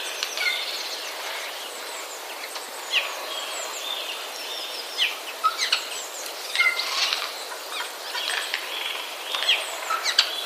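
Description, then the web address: Eurasian jay chatter of quick clicks, squeaky chirps and short whistled notes, loudest in brief bursts around the middle and end, over a constant hiss. Chatter of jays, recorded 31 March 2013. "wroblowe kolekcja szczebiotsojek 31 03 2013"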